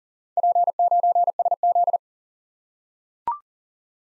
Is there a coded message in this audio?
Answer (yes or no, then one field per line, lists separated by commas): yes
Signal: Morse code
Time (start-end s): 0.4-2.0 s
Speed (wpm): 39 wpm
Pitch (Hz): 700 Hz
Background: none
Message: P9SZ